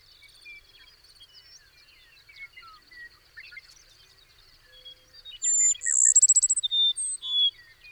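Bird: quiet scattered chirps give way to a loud bird song: very high whistle, fast pulsed trill and a couple of short whistled notes, over a faint steady hiss.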